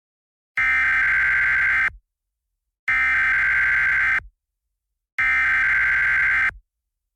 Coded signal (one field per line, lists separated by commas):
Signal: Emergency Alert System (SAME) tones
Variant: header bursts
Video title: eas scenario tsunami pt 2